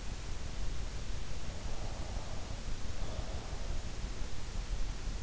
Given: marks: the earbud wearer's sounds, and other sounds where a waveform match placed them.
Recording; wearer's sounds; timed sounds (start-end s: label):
sounds in sleep by an in-ear microphone; breath
1.76-3.71 s: breath